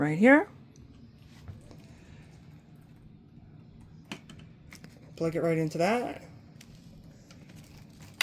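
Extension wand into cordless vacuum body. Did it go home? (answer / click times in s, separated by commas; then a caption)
yes / 8.2 s. An extension wand is plugged into the body of a V16 Pro cordless vacuum cleaner while someone talks. A few faint handling ticks come through, then a loud plastic click at 8.2 s as the wand seats into the body.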